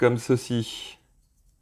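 Someone talks for about the first second while pressing two plastic parts of an Agora Models Leopard 2A6 scale tank model kit together, one part into its mating part. The rest of the clip is near silence, and nothing has seated or clicked yet.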